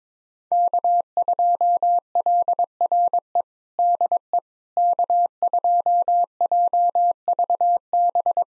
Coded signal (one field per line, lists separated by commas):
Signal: Morse code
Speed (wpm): 22 wpm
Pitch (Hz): 700 Hz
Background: none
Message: K2LRE DE K2JVB